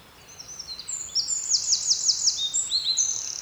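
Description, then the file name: Eurasian wren song: loud high notes building into an evenly pulsed trill, then a few separate high chips. "Troglodytes troglodytes"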